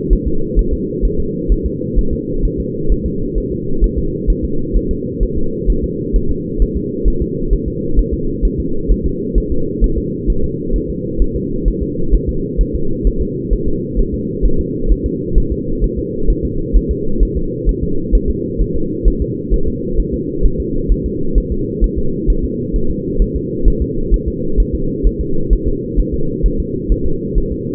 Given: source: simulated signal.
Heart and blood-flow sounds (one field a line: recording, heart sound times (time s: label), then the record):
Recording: fetal heart sounds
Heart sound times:
0.13 s: S1
0.28 s: S2
0.59 s: S1
0.74 s: S2
1.05 s: S1
1.20 s: S2
1.52 s: S1
1.66 s: S2
1.99 s: S1
2.13 s: S2
2.45 s: S1
2.60 s: S2
2.92 s: S1
3.06 s: S2
3.38 s: S1
3.52 s: S2
3.84 s: S1
3.99 s: S2
4.30 s: S1
4.45 s: S2
4.76 s: S1
4.91 s: S2
5.23 s: S1
5.38 s: S2
5.70 s: S1
5.84 s: S2
6.16 s: S1
6.31 s: S2
6.62 s: S1
6.77 s: S2
7.08 s: S1
7.22 s: S2
7.53 s: S1
7.68 s: S2
7.99 s: S1
8.14 s: S2
8.45 s: S1
8.60 s: S2
8.91 s: S1
9.06 s: S2
9.38 s: S1
9.52 s: S2
9.84 s: S1
9.98 s: S2
10.30 s: S1
10.44 s: S2
10.76 s: S1
10.90 s: S2
11.22 s: S1
11.36 s: S2
11.68 s: S1
11.83 s: S2
12.14 s: S1
12.29 s: S2
12.61 s: S1
12.75 s: S2
13.07 s: S1
13.22 s: S2
13.53 s: S1
13.68 s: S2
13.99 s: S1
14.14 s: S2
14.45 s: S1
14.60 s: S2
14.92 s: S1
15.06 s: S2
15.38 s: S1
15.52 s: S2
15.84 s: S1
15.99 s: S2
16.30 s: S1
16.45 s: S2
16.76 s: S1
16.91 s: S2
17.23 s: S1
17.37 s: S2
17.69 s: S1
17.83 s: S2
18.15 s: S1
18.30 s: S2
18.62 s: S1
18.76 s: S2
19.08 s: S1
19.22 s: S2
19.54 s: S1
19.68 s: S2
20.00 s: S1
20.14 s: S2
20.45 s: S1
20.60 s: S2
20.92 s: S1
21.06 s: S2
21.38 s: S1
21.52 s: S2
21.84 s: S1
21.99 s: S2
22.30 s: S1
22.45 s: S2
22.76 s: S1
22.91 s: S2
23.22 s: S1
23.36 s: S2
23.68 s: S1
23.82 s: S2
24.14 s: S1
24.28 s: S2
24.60 s: S1
24.75 s: S2
25.07 s: S1
25.21 s: S2
25.53 s: S1
25.68 s: S2
26.00 s: S1
26.14 s: S2
26.46 s: S1
26.60 s: S2
26.92 s: S1
27.06 s: S2
27.38 s: S1
27.52 s: S2
From the record:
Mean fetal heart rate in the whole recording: 130 bpm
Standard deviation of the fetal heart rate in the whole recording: 2 bpm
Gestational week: 36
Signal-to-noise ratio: -8.1 dB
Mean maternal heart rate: 72 bpm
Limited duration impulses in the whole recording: absent